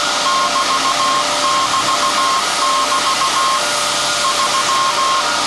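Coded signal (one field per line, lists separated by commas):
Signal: Morse code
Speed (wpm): 16 wpm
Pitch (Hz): 1070 Hz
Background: none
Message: <BT><BT><BT> 3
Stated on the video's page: SAQ Grimeton transmission from the 1924 Alexanderson alternator, sent live for the UNESCO 50th anniversary.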